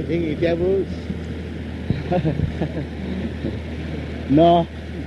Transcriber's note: laughs